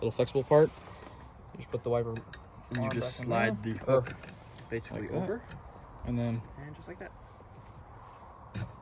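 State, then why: Not seated. A front wiper blade on a Volvo is being fitted by hand, its hook slid over the wiper arm at the little flexible part, while someone talks throughout over brief handling sounds. The blade has not clicked or seated onto the arm yet.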